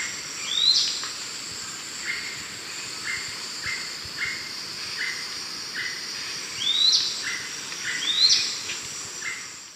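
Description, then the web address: Yellow-margined flycatcher giving sharp rising buzzy notes three times, with a steady insect drone and a repeated soft note from another bird behind. Call; South America, eastern lowlands. "Natures Songs S America Eastern Lowlands Tolmomyias assimilis, call"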